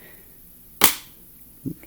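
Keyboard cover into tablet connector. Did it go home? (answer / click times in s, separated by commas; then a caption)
yes / 0.8 s. A detachable keyboard cover is snapped magnetically onto the connector edge of a brand-new Surface Pro 4 tablet. A single sharp, loud snap is heard at 0.8 s, followed by a softer knock around 1.7 s against a quiet background. The cover seats firmly in place.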